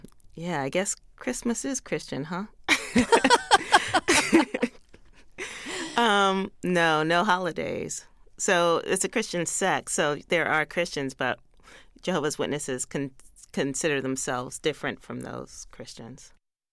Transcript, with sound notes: Yeah, I guess Christmas is Christian, huh?
(LAUGHTER)
No, no holidays. So it's a Christian sect, so there are Christians. But Jehovah's Witnesses consider themselves different from those Christians.